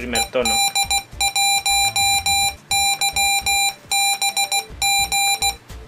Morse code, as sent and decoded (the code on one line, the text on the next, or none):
. -.. .---- -.-- -... --.
ED1YBG